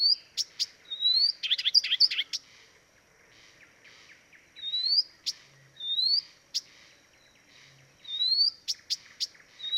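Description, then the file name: Blyth's reed warbler song: short high whistled slurred notes, sharp clicks, and a dense buzzy chattering burst, phrases separated by brief pauses and repeated several times. "life dviete. acrocephalus dumetorum"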